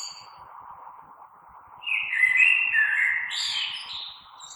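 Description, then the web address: Common blackbird song phrase of mellow, slurred whistles rising to a brighter finish, above a constant low hum. Recorded on 3 March 2020. "oiseaux Merle 2020 03 03"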